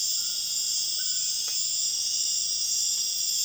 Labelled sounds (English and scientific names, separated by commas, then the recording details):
none
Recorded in dense forest near Puerto Asís, Putumayo, Colombia, on 4 March 2025 at 03:30
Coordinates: 0.481, -76.323
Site G088